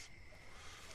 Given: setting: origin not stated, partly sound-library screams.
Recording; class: one-second piece from a danger detection set; normal situation